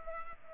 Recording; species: mosquito wingbeat signal from an infrared sensor; Culex pipiens